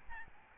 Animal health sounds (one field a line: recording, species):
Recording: mosquito wingbeat signal from an infrared sensor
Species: Aedes albopictus